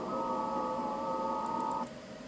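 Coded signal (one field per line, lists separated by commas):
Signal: FT8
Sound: several soft steady overlapping tones warbling faintly, stopping together after about two seconds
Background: radio hiss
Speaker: Some strong signals here.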